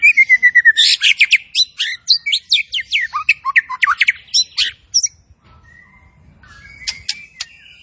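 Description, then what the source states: Zebra finch song: a whistled lead-in followed by a rapid, repeated chatter of sharp descending notes, then near silence with a few faint chips. Masteran training audio of a tembakan bird singing actively (gacor).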